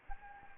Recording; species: mosquito wingbeat signal from an infrared sensor; Anopheles gambiae